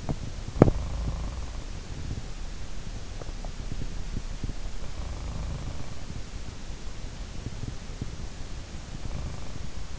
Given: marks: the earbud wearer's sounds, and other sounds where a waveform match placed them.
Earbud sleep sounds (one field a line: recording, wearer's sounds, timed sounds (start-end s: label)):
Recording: sounds in sleep by an in-ear microphone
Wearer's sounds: teeth grinding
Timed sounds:
0.00-0.92 s: teeth grinding
0.51-1.81 s: sound from someone else or the room
4.66-6.20 s: sound from someone else or the room
8.96-9.99 s: sound from someone else or the room